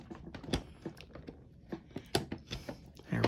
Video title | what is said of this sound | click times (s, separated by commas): Updated Young Martin's Reels -- Garcia Mitchell 386 -- Service Repair and Lubrication | see if I can get it to snap into place | 2.1 s